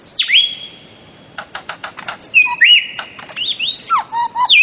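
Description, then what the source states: Bird-of-paradise song: a sharp slurred whistle, a burst of clicks, then varied warbled and whistled notes rising and falling. Master song used for training songbirds.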